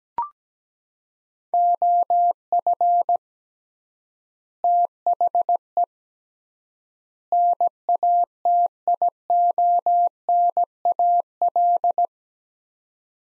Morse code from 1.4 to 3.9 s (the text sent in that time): OF